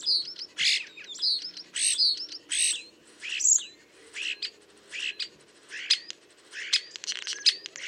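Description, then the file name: Common starling giving harsh, buzzy bursts with thin whistles at first, then quicker ticking and clicking notes in a steady, jumbled stream. "Storno"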